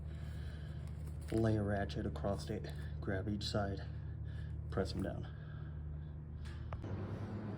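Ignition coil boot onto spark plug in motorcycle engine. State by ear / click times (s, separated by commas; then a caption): seated / 6.7 s. Someone talks while a ratchet is laid across the ignition coil cap on a 2023 Kawasaki Z900 motorcycle engine, and both sides are pressed down hard to push the coil boot onto the spark plug. After the talking, one sharp click is heard at 6.7 s over a steady low hum as the cap seats on the plug.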